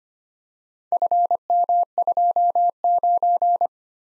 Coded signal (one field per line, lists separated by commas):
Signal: Morse code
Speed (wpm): 26 wpm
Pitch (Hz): 700 Hz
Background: none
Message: FM29